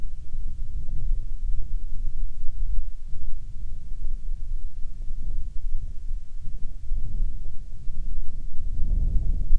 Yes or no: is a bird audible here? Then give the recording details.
no. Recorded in the Arctic National Wildlife Refuge, Alaska, on 6 August 2019 at 17:11. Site 49